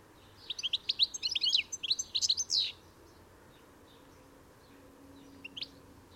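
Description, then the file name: European goldfinch utters a fast burst of bright, tinkling twitter notes for about two seconds, then falls silent, with a brief faint chirp near the end. "Carduelis carduelis"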